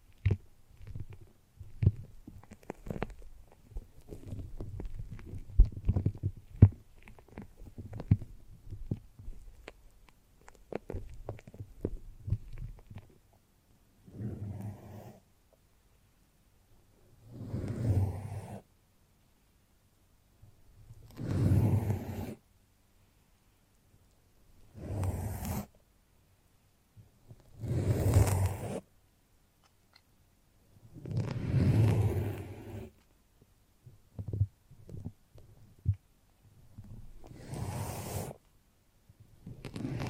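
A foamy, sticky massage: for the first dozen seconds there are dense, uneven crackles and soft taps. After that come separate squishy swells, each lasting a second or two and repeating about every three to four seconds, with hissy tops and brief quiet gaps between them.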